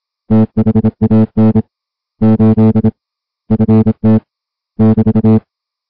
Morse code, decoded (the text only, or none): THAN 8 FT <BT>